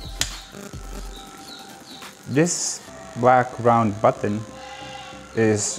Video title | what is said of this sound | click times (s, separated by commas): Bosch Professional GWS 060 | to release the button when it's locked you just need to press this part | 0.2 s